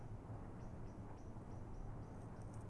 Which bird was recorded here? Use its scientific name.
Turdus merula